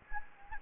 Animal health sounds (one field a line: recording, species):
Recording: mosquito wingbeat signal from an infrared sensor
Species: Anopheles gambiae